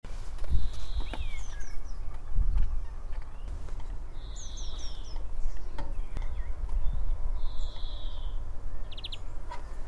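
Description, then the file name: European greenfinch gives drawn-out buzzy wheezes three times, about four seconds apart, with scattered high chirps and a steady low rumble underneath. "Chloris chloris"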